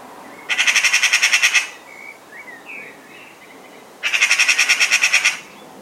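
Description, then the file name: Eurasian magpie with two harsh, machine-gun rattles of rapid grating notes, soft chirps heard in the pause between. "Pica pica"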